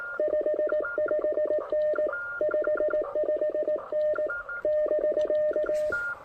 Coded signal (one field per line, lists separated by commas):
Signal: Morse code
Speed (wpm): 18 wpm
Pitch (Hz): 590 Hz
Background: none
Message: 55N 55N <BK>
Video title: QRP P2P DX! Pairing the Elecraft K2 with the AX1 for a little portable antenna POTA!